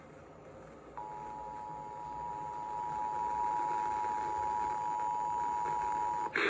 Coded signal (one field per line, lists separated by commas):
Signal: Emergency Alert System (SAME) tones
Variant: 853 and 960 Hz attention tone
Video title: SLIGHTSANITY 6: PDS SLIGHT - EAS Alerts From 4/11/24 (EAS #1596-1611)